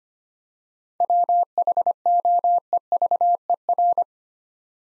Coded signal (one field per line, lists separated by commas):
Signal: Morse code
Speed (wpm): 25 wpm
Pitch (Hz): 700 Hz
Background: none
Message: WHOEVER